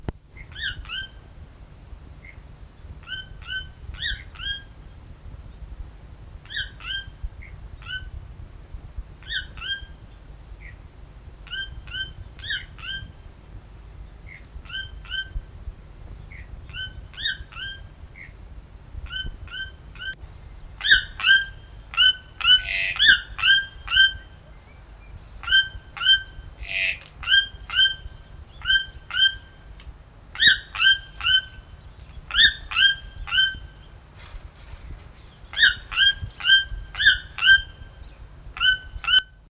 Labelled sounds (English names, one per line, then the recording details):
Channel-billed Toucan call
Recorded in captivity
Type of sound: call
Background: Ramphastos dicolorus
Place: Zoo Köln, Nordrhein-Westfalen, DE
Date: 1972-02-22
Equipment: Halbspur, 9,5 cm/s
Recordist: Lütgens, Hans
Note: Die leisen rauen Rufe vom Weibchen, später lauterer rauer Ruf des Bunttukans